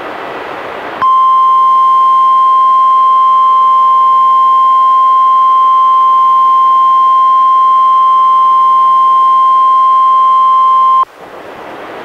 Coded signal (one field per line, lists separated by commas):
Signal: Emergency Alert System (SAME) tones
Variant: 1050 Hz attention tone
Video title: EAS #70-71: 2 NWR Required Weekly Tests- Aug. 19-26, 2015